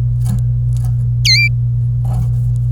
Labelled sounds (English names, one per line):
Domestic Canary song